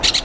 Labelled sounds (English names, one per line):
Brown-throated Parakeet contact call